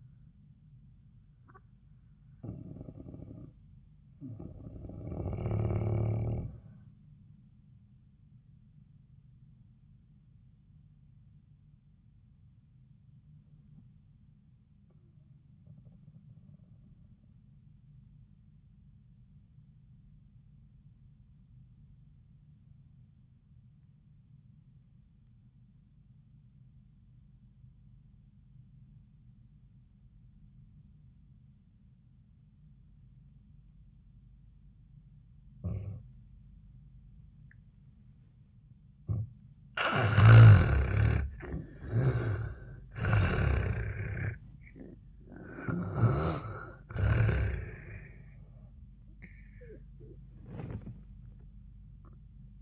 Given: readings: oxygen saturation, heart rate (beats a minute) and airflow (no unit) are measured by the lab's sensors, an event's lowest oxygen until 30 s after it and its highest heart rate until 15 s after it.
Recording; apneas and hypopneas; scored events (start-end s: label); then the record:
breathing in sleep by a smartphone at the bedside; 1
4.00-52.62 s: new sleep stage, N1 (lightest sleep)
14.00-34.90 s: obstructive apnea (N1, oxygen 98% highest, then 75% lowest, heart rate 71 at the start, 88 highest)
From the record:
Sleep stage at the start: N2 (light sleep); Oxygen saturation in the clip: 79 to 98%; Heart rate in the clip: 67 to 89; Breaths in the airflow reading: 6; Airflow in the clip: -21.7 to 9.7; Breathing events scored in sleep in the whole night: 400 in 8.7 hours asleep